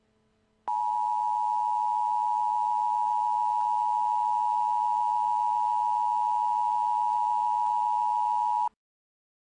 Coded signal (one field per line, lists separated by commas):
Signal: Emergency Alert System (SAME) tones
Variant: 853 and 960 Hz attention tone